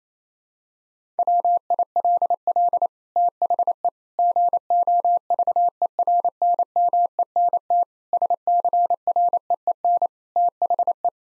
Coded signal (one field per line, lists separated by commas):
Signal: Morse code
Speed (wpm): 28 wpm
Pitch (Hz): 700 Hz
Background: none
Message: WILL THE GOVERNMENT SCREEN THE